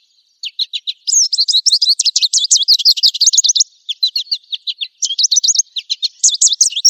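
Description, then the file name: American goldfinch song: a long, rapid run of high twittering notes and quick trills, pausing briefly near four seconds before resuming with more bright, jumbled phrases. "suara american goldfinch omkicau"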